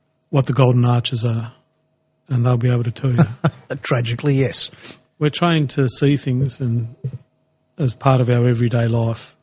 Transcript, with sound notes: what the golden arches are and they’ll be able to tell you.
[Laughing] Tragically, yes.
We’re trained to see things and as part of our everyday life.